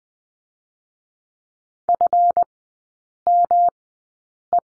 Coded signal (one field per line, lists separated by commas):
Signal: Morse code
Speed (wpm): 20 wpm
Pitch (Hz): 700 Hz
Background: none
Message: FME